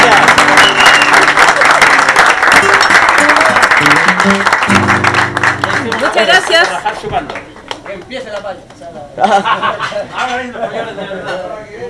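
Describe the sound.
Loud, sustained audience applause with dense clapping and some cheering for the revelation of the night after Chilean singers perform, fading slightly after a few seconds as voices and chatter rise through the crowd noise.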